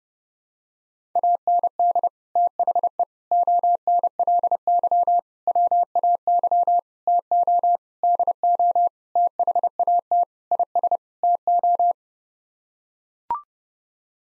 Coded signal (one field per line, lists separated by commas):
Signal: Morse code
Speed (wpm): 30 wpm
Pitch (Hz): 700 Hz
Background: none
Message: AND THE ONLY WAY TO DO THAT IS TO